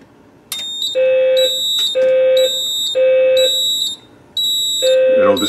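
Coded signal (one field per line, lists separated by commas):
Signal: alarm pattern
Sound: buzzy horn blasts in threes, each half a second, over a steady high whine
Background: small indoor room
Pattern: temporal three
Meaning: Fire alarm condition in the building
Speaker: ہم مکینیکل روم میں تھرمل ڈیٹیکٹر کو چالو کرکے شروع کریں گے۔ یہ الارم ظاہر کرے گا۔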